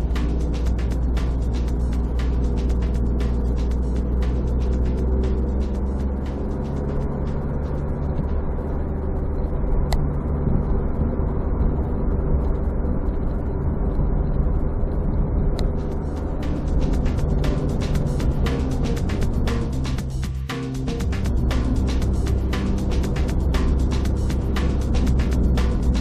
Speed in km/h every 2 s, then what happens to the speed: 44, 40, 43, 50, 53, 53, 54, 54, 53, 53, 44, 47, 47.
3-7 speeds up to 53. 7-18 steady at about 53. 18-20 brakes to 44. 20-26 steady at about 47.